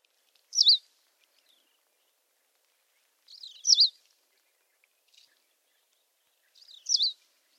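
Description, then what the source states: Australasian Pipit calls: a thin, high, quick note that swoops up and down, given three times about every three seconds against near silence. Call played for comparison with the Eurasian Skylark's.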